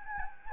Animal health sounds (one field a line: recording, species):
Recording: mosquito wingbeat signal from an infrared sensor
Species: Anopheles gambiae